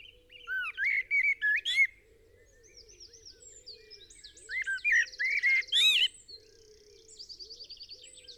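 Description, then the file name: Eurasian blackbird singing warbled, fluty phrases with thin high twitters, in two bursts separated by a quiet gap; other birds chirp faintly behind and a low steady hum runs throughout. "Turdus merula"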